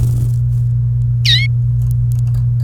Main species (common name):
Domestic Canary